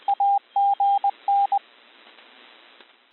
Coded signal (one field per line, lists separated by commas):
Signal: Morse code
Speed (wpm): 20 wpm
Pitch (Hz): 800 Hz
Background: radio noise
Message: AGN